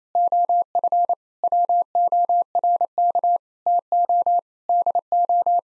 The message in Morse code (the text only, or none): OF WORK TO DO